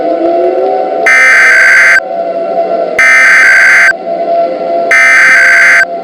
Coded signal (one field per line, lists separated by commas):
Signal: Emergency Alert System (SAME) tones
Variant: header bursts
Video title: K-Pop Demon Hunters Rampage - An EAS Scenario (POPULAR)